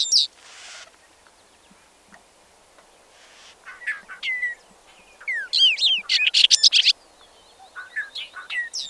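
Bobolink song: scattered short notes build into a loud, tumbling cascade of bubbly, metallic notes, then a brief pause before more jangling phrases.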